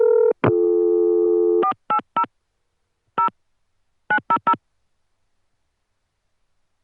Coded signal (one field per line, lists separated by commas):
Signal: DTMF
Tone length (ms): 90 ms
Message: 480 0 900